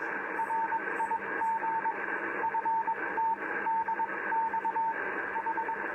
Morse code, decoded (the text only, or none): RIG FTDX H